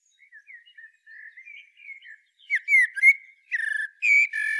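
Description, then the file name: Common blackbird song, quiet rambling low whistles building into loud, rich fluted phrases with thin high twittering overtones. "Turdus merula"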